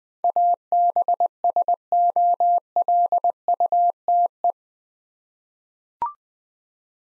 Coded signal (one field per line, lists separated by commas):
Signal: Morse code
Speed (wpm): 21 wpm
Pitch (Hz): 700 Hz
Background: none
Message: ABSOLUTE